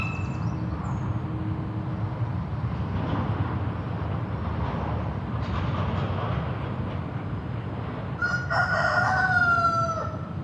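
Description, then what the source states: Chicken crowing near the end, a drawn-out harmonic crow that slides slightly downward, over a steady roar of passing road traffic. Recorded with traffic.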